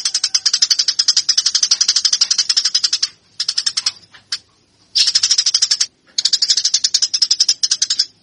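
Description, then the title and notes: Eurasian tree sparrow chirping calls, a fast run of harsh, high chirps in dense bursts of up to about three seconds with short pauses between. Fighting tree sparrow. "MASTER GEREJA TARUNG. burung gereja"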